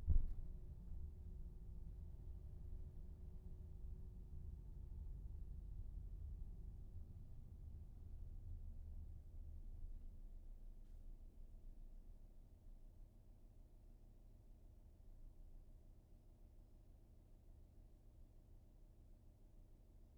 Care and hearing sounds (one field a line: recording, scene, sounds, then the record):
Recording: everyday scene through a hearing-aid microphone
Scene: in a vehicle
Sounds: engine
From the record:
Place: VW T5 Caravelle, diesel engine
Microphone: behind the ear, right, front